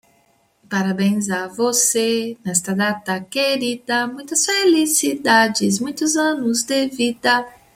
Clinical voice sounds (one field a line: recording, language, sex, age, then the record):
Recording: short text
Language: Brazilian Portuguese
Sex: female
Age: 40 to 49 years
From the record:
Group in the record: control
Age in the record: 46 years